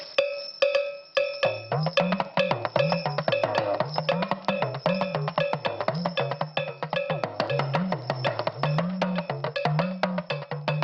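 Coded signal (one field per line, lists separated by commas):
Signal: talking drum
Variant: Yoruba dùndún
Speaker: Are you saying anything now? Yes. What are you saying? Okay. I said um we are the merry makers. We're here.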